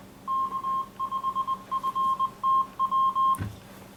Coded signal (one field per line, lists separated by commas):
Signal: Morse code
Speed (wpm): 20 wpm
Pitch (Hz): 1060 Hz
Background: none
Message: K5FTW